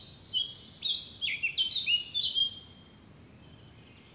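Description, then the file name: Eurasian blackcap delivering a short, hurried warble of mixed fluty and chattering notes over about two seconds, followed by quiet with faint twittering. "Sylvia atricapilla"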